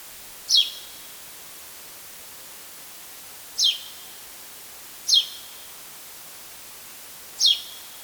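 Spanish sparrow calls: short, high descending chirps, four spaced notes at irregular intervals over a steady background hiss.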